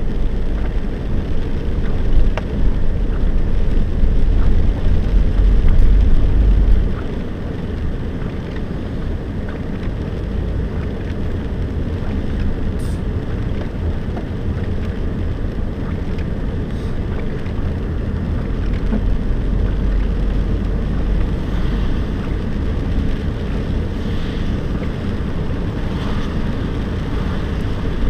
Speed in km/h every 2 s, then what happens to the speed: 12, 16, 20, 22, 21, 23, 26, 26, 26, 28, 31, 32, 33, 33.
0-28 speeds up to 33.